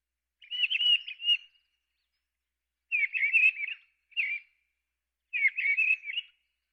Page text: Mistle Thrush. Quick Sounds